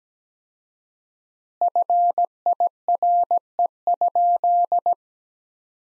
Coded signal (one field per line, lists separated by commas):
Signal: Morse code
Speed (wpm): 17 wpm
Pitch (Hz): 700 Hz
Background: none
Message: FIRE?